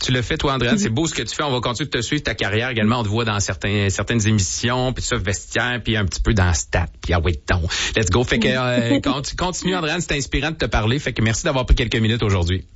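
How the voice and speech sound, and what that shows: A man speaks fluent, ordinary Quebec French in a warm, clear voice, thanking a guest on radio.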